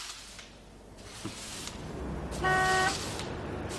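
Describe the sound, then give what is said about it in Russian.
An intercity bus bound for Leningrad gives one short, steady, loud horn honk about half a second long, rising above a low, continuous rumble of engine and traffic noise. “Послушайте, а этот автобус куда идет?”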